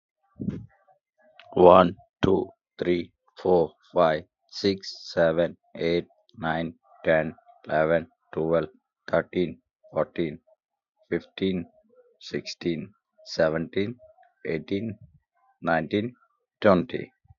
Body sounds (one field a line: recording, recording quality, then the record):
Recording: counting at a normal pace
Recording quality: excellent, no background noise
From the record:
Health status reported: respiratory illness, not identified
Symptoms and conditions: cough, breathing difficulty, sore throat, diabetes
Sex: male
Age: 30 years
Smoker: not ticked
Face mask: not worn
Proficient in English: no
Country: India